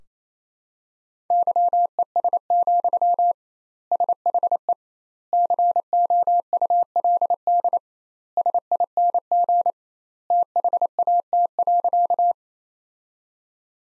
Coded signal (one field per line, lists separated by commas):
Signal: Morse code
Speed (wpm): 27 wpm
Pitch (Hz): 700 Hz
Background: none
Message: YES, SHE COULD SING THAT.